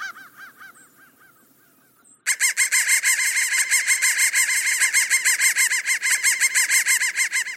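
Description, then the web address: A crow gives harsh, rasping caws at a fast steady rate, about three each second. Softer caws come first, then a sudden loud continuous run. "soundfactory crow"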